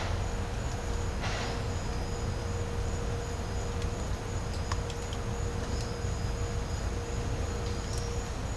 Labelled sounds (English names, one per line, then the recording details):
none
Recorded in pastures near Puerto Asís, Putumayo, Colombia, on 20 December 2024 at 13:00
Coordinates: 0.502, -76.324
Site G077